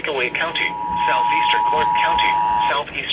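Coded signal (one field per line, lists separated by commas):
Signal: Emergency Alert System (SAME) tones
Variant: 853 and 960 Hz attention tone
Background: speech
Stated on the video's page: Severe thunderstorm warning relayed on two NOAA Weather Radio stations and FM radio.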